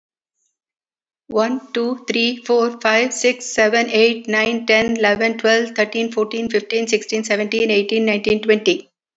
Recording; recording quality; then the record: counting at a fast pace; moderate, slight background noise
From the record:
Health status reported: healthy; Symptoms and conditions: diabetes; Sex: female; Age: 64 years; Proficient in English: yes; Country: India